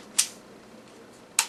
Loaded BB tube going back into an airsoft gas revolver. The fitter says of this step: when they're loaded then they go back in the gun clicks in place